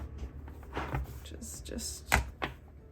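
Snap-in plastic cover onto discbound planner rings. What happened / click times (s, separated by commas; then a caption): The plastic cover is still being handled and has not clearly seated / none. A plastic snap-in back cover is being handled against the discs of a discbound planner while someone talks, with a few soft taps and handling knocks, the loudest near 2.4 seconds. The clip ends before the cover goes home, so nothing has seated or clicked yet.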